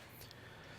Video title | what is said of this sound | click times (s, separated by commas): Indian Challenger MotoVlog #7 - Custom Dynamics SaddleBag and Driving Light Installation | they're the same so they just snap in place | 0.3 s